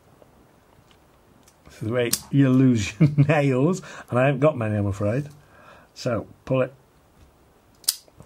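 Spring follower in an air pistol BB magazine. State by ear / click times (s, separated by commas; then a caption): seated / 7.9 s. The spring follower in the BB magazine of a Beretta M9A3 INOX air pistol is pulled all the way down while someone talks. A sharp, loud click at 7.9 s marks the follower locking into its lowered position, ready for loading BBs.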